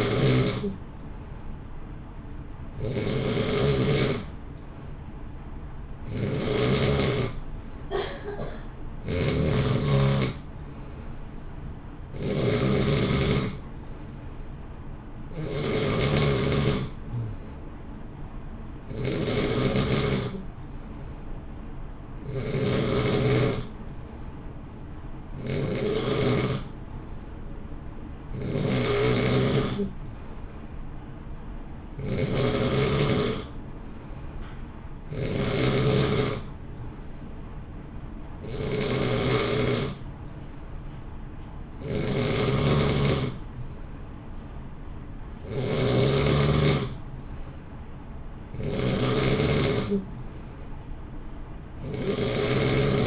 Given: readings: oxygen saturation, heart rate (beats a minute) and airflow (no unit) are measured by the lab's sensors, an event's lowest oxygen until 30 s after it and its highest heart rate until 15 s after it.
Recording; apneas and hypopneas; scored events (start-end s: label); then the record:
breathing in sleep by a smartphone at the bedside; none
none scored
From the record:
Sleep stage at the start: N3 (deep sleep); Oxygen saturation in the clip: 90 to 91%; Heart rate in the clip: 58 to 64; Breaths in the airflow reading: 19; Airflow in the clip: -0.8 to 0.8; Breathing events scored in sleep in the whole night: 328 in 6.3 hours asleep